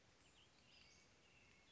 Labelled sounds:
Western Flycatcher

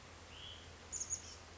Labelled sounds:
Hutton's Vireo

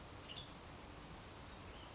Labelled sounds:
Western Tanager

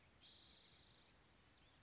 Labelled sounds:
Spotted Towhee

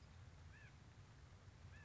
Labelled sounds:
White-breasted Nuthatch

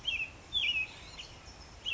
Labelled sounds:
American Robin

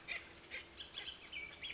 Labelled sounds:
Bullock's Oriole

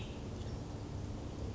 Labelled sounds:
Cassin's Vireo

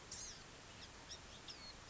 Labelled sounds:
Blue-gray Gnatcatcher

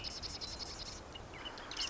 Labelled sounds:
Marsh Wren

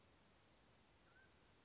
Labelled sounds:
Mountain Quail

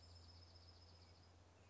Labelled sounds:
Dark-eyed Junco

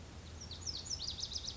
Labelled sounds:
Lazuli Bunting

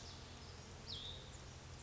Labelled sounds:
Hutton's Vireo

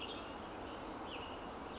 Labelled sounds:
Western Tanager

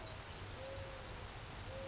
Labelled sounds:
Mourning Dove

